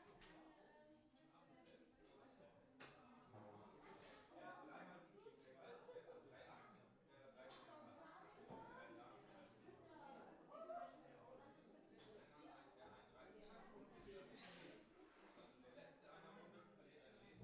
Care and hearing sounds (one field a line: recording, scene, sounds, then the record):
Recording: everyday scene through a hearing-aid microphone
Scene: many people talking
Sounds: many voices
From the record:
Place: parish hall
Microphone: behind the ear, left, rear